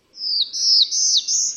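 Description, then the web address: Swainson's Warbler song: four loud, clear slurred whistles in a row, each sliding downward, the last one steadier and held. "Birdnote. Swainsons Warbler"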